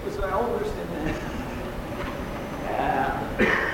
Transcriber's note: chuckles